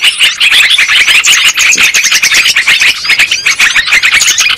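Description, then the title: Lovebirds squawking and chirping together, a brief burst of harsh, high, tightly packed calls with no break. Lure sound used for trapping lovebirds. "PIKAT BURUNG LOVEBIRD"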